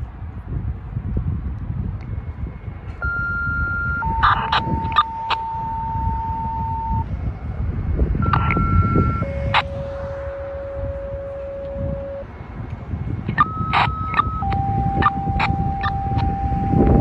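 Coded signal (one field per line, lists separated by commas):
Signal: siren signal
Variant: fire department diaphragm horns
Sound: three times a short high horn blast followed by a longer lower blast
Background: street traffic noise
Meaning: Daily noon test of the fire alarm horns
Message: 3 pairs, each 1 short high, 1 long low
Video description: Amagansett FD HQ Diaphragm horns sounding for the noon test.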